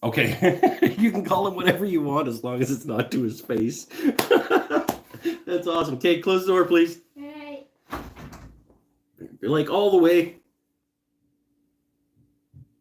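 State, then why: Not seated. A room door is pushed shut with a soft bump after someone talks, but its latch fails to catch in the strike plate, so nothing has seated or clicked. Someone talks again briefly afterward, and the clip ends in near silence.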